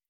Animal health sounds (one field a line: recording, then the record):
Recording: hydrophone in a shrimp aquaculture tank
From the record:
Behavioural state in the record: feeding